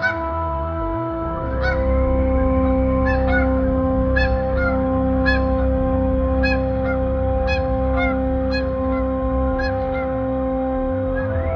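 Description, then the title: Canada Goose honks, loud, nasal calls coming in quick succession, over a constant low rumble and steady humming tones. Flock flying low overhead in fall, heading south for winter; edge of a city near a provincial park wetlands sanctuary in Canada; recorded outdoors from a front porch. "Canada Geese"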